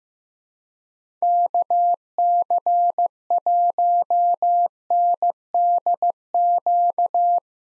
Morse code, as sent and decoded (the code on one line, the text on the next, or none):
-.- -.-. .---- -. -.. --.-
KC1NDQ